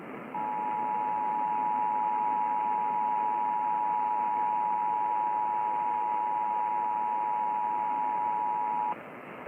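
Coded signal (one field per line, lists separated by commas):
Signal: Emergency Alert System (SAME) tones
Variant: 853 and 960 Hz attention tone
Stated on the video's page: Illinois Required Monthly Test originated by the state emergency management agency and relayed on all Illinois radio and TV stations.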